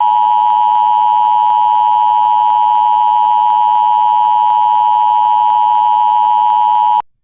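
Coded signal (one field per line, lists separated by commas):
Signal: Emergency Alert System (SAME) tones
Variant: 853 and 960 Hz attention tone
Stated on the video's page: Fictional EAS scenario made by a hobbyist.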